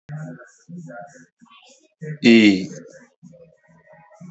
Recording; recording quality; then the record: sustained vowel as in beet; excellent, no background noise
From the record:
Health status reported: healthy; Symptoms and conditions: none ticked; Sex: male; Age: 36 years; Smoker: not ticked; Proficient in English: yes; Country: India